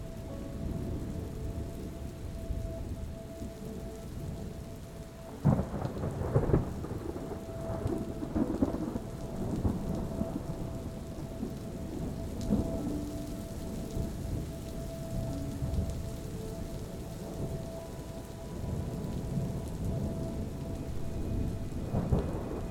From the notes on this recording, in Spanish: sonido del trueno combinado con la delicadeza de la música relajante